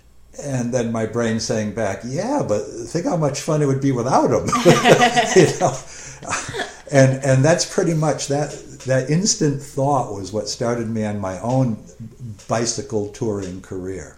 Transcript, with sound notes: and then my brain saying back, “yeah but think how much fun it would be without them.” [laughing] And that's pretty much, that instant thought was what started me on my own bicycle touring career